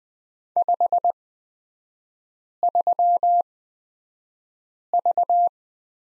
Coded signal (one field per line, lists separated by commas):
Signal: Morse code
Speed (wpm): 20 wpm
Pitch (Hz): 700 Hz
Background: none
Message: 53V